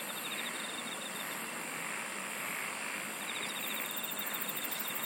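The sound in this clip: Insects singing in a chorus: a steady high whine runs throughout, with short trains of rapid pulsed chirps coming in and out over a broad hiss.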